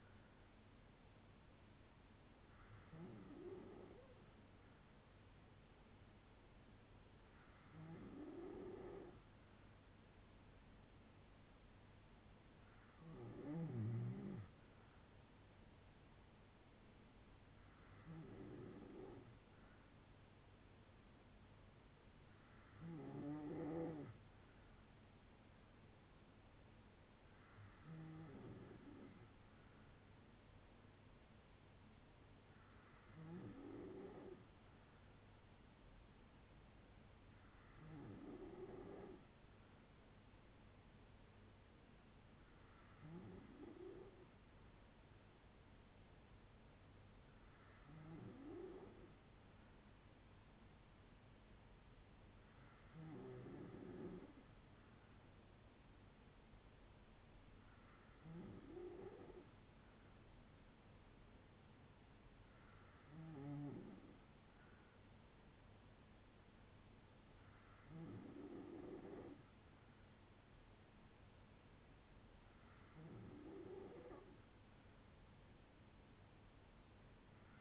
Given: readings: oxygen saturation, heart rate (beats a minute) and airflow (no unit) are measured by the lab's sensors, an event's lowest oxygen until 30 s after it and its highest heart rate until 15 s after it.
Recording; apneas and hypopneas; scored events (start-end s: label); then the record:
breathing in sleep by a voice recorder at the bedside; none
48.00-77.61 s: new sleep stage, N2 (light sleep)
From the record:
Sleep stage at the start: N3 (deep sleep); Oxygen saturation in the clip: 94 to 95%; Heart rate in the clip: 56 to 77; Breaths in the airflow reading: 16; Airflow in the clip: -5.6 to 5.0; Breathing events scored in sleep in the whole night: 182 in 7.4 hours asleep